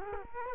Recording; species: mosquito wingbeat signal from an infrared sensor; Culex quinquefasciatus